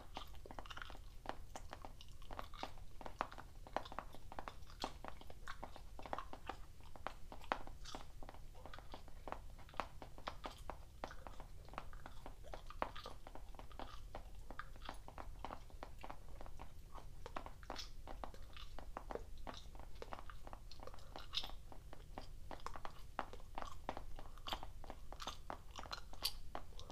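Gum chewing with wet, clicking smacks that repeat steadily through the whole clip, several per second and fairly even in loudness. Crisp sharp ticks and taps mix in with the chews, over a constant low rumble underneath.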